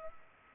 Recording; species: mosquito wingbeat signal from an infrared sensor; Culex pipiens